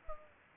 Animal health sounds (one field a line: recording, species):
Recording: mosquito wingbeat signal from an infrared sensor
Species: Culex pipiens